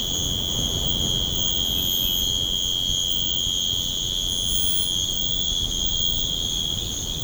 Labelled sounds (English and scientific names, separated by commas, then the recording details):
none
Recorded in secondary vegetation near Puerto Asís, Putumayo, Colombia, on 20 February 2024 at 05:00
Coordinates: 0.472, -76.331
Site G6371